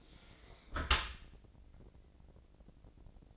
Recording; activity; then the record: daily activity, microphone in the room; close dishwasher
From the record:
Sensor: 5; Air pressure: 1012.4 hPa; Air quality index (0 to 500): 158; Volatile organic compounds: 2 ppm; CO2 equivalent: 1073 ppm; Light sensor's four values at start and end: 112/270/114/127 and 113/272/115/129